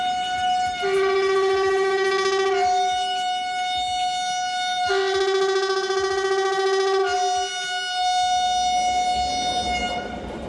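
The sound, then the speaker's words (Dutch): A Werkspoor-built train comes in along track 2 of a station, sounding a loud two-tone horn, a low note then a higher one, repeated twice in long sustained blasts before fading into rumbling train noise. No voices. “Oh, daar komt hij aan.”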